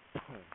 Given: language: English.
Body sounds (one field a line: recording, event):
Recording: throat vibration sensor signal played as sound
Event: cough